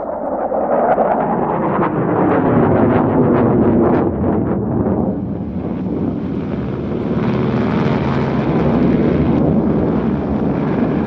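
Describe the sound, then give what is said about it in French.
Ten Junkers aircraft take off on 21 April 1945: a loud, continuous roar of engines, a dense droning rumble with a throbbing low hum that holds steady and brightens slightly toward the end, with no voices. “Décollage 21 avril 45, sur 10 avions, 9 semble-t-il se sont bel et bien posés, mais un des Junkers manque à l'appel, qui s'est tout simplement écrasé.”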